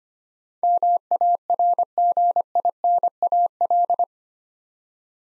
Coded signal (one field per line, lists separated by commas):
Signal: Morse code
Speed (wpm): 25 wpm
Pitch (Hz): 700 Hz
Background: none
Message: MARGINAL